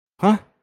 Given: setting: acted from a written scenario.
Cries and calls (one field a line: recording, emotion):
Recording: vocal sound without words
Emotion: confusion